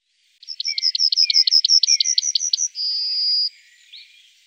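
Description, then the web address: Yellowhammer song: a rapid run of about fifteen repeated, sharp high notes, closing with a long, level drawn-out note, then a faint short call. "Ptaki Glosy Trznadel"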